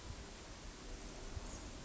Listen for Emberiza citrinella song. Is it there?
no